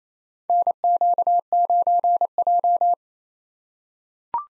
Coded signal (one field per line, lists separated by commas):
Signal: Morse code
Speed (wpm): 28 wpm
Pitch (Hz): 700 Hz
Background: none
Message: NQ9J